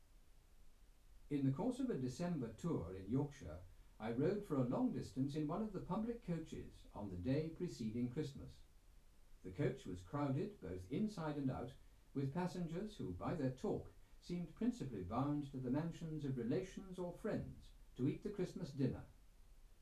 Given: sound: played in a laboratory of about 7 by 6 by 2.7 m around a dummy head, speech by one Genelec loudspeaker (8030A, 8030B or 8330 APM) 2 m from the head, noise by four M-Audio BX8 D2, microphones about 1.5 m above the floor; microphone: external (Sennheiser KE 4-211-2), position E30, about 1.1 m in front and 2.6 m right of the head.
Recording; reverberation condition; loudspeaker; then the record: male speech in English; low; 30 degrees to the right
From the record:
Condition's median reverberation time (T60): about 310 ms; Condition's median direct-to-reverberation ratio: about 3.5 dB